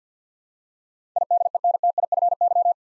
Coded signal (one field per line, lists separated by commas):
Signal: Morse code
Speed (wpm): 50 wpm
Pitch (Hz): 700 Hz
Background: none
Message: IDENTIFY